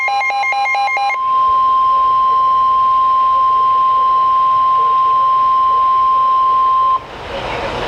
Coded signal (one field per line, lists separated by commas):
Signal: Emergency Alert System (SAME) tones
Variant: 1050 Hz attention tone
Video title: Severe Thunderstorm Warning (EAS #813)